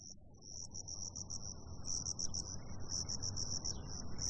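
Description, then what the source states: Cricket chirping, rapid pulsed high trills in uneven bursts throughout, over a low steady rumble. Crickets on a summer night.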